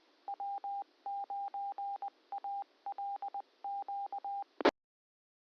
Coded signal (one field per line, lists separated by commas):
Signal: Morse code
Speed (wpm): 20 wpm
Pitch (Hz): 800 Hz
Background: none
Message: W9ALQ